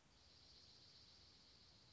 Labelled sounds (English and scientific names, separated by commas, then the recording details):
Dark-eyed Junco (Junco hyemalis)
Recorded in Sonoma County, California